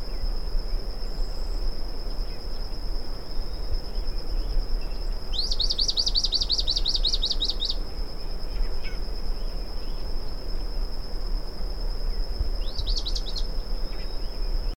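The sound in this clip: Bran-colored flycatcher song: a long burst of fast repeated upslurred notes, then a short burst of a few notes later, against a continuous high insect drone.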